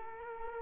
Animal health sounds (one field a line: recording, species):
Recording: mosquito wingbeat signal from an infrared sensor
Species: Culex quinquefasciatus